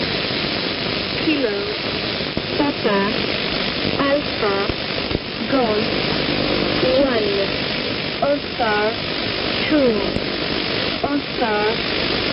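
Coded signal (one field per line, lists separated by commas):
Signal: numbers station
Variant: E10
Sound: short evenly spaced spoken words through heavy hiss and static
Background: radio static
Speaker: esta era la echo 10 una emisión del mossad en 5.339 kilohercios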